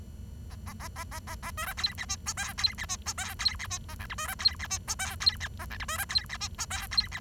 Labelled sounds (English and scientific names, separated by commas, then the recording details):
Bengalese Finch (Lonchura striata domestica) song
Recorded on 23 June 2012 at 08:05
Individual gr41rd51